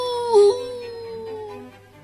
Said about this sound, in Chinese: 哎呀，这么多的狼围着我嗷嗷的叫，吓得我晚上都睡不着觉。